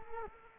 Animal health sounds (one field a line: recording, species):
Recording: mosquito wingbeat signal from an infrared sensor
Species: Culex quinquefasciatus